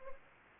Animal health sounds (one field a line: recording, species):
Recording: mosquito wingbeat signal from an infrared sensor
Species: Anopheles gambiae